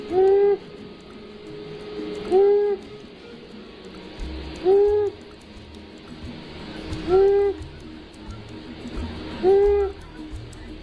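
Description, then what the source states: Long-eared Owl song: single deep, short hoots repeated steadily about every two and a half seconds, five in all, over a low rumbling background. Deep hooting 'Here I Am' song given by the male; can be heard nearly a mile away.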